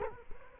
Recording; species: mosquito wingbeat signal from an infrared sensor; Culex quinquefasciatus